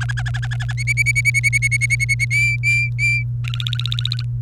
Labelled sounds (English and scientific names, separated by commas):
Domestic Canary (Serinus canaria) song